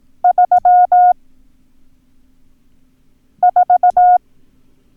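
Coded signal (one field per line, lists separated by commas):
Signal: Morse code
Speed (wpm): 18 wpm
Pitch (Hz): 720 Hz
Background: none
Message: 34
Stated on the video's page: Lesson drill of the numbers 2, 3, 4, 5, 7, 9 and 0.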